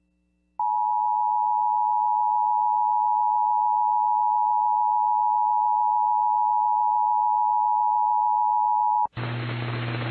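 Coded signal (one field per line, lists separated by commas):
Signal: Emergency Alert System (SAME) tones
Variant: 853 and 960 Hz attention tone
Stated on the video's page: NOAA Weather Radio tornado watch alert for Missouri, relayed via an FM station, with WeatherSTAR 4000.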